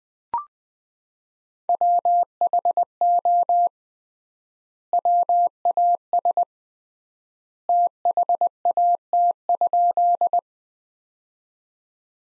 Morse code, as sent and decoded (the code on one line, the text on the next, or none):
.-- .... --- / .-- .- ... / - .... .- - ..--..
WHO WAS THAT?